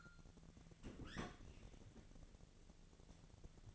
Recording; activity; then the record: daily activity, microphone in the room; open fridge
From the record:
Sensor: 4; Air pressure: 1000.9 hPa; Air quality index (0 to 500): 126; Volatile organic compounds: 1 ppm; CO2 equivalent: 945 ppm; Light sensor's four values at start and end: 33/79/33/36 and 31/75/32/34